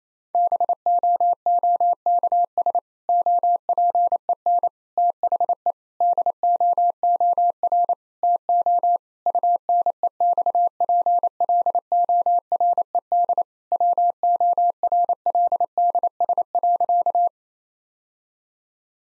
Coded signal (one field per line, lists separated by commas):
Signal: Morse code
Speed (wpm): 28 wpm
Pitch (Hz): 700 Hz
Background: none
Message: BOOKS OPEN THE DOOR TO UNEXPLORED WORLDS.